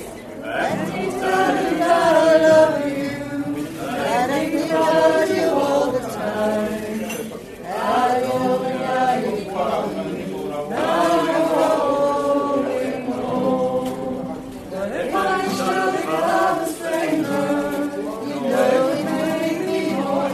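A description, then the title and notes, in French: Bar atmosphere with voices talking, loud and almost unbroken, one speaker standing out over a murmur of other patrons. The chatter stays dense and fairly steady, with only brief lulls around the eight and fifteen second marks. Kerry's bar a théme une chouette ambiance dans ce bar !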